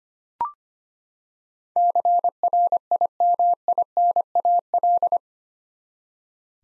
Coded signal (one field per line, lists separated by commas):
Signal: Morse code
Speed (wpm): 25 wpm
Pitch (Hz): 700 Hz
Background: none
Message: CRIMINAL